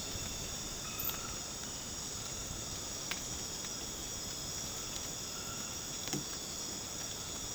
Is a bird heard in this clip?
no